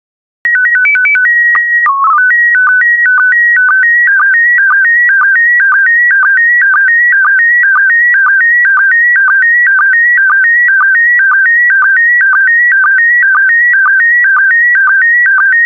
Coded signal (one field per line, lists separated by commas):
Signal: SSTV (slow-scan television)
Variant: PD 120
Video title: 5074 Coasts SSTV PD120